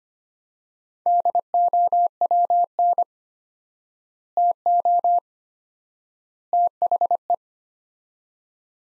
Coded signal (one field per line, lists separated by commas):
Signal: Morse code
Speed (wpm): 25 wpm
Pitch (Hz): 700 Hz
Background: none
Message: DOWN TO THE